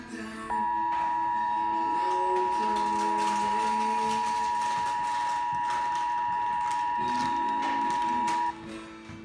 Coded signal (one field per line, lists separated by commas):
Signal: Emergency Alert System (SAME) tones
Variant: 853 and 960 Hz attention tone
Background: music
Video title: EAS #58 Flash Flood Warning